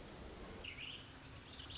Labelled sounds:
Pacific Wren
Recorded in Sonoma County, California

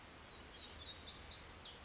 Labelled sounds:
Black-throated Gray Warbler
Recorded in Sonoma County, California

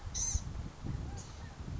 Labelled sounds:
Blue-gray Gnatcatcher
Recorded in Sonoma County, California

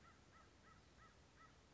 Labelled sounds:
American Crow
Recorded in Sonoma County, California

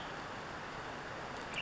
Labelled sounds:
Western Tanager
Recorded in Sonoma County, California

